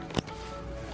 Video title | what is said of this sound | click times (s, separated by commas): Installing - Dynavin N7 Pro for 11-14 Mustang - COMPLETE INSTALL GUIDE | all right it clicks right in | 0.2 s